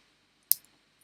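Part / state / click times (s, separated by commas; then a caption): RJ45 plug crimped onto a network cable with a crimping tool / seated / 0.5 s. An RJ45 plug on the end of a UTP network cable is squeezed in a crimping tool, which gives one sharp, bright click at 0.5 s. A faint tick follows at about 0.65 s, and the plug is crimped on and seated.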